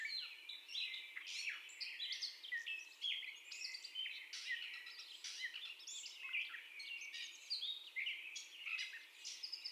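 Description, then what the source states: Catbird song: a continuous jumble of varied squeaky, mewing and chattering phrases, rising and falling notes in quick succession with brief pauses. First song, recorded 30 May 2021.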